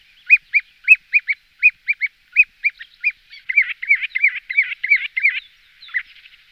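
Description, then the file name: Common ringed plover calls, a run of clear rising-falling piping notes, then speeding into a quicker, rolling series before one last note. "Galstuchnik"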